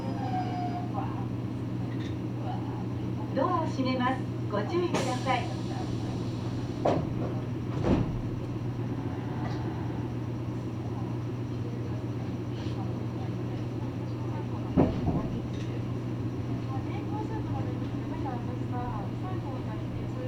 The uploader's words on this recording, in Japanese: 名鉄尾西線 玉ノ井→名鉄一宮→津島→弥富。名前の通り尾張の西側を走るのでほぼ単線区間ですが、乗車率はそこそこあります。